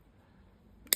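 The blade of a large folding knife is opened until its lock engages in the handle, with a sharp metallic click at 0.9 s, just after a faint tick. The lock snaps in and is seated, sounding different and more solid than on another knife.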